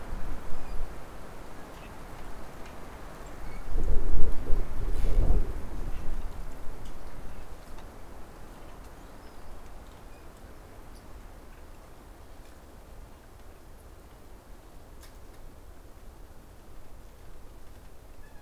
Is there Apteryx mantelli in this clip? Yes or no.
no